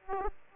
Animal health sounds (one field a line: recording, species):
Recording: mosquito wingbeat signal from an infrared sensor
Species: Aedes aegypti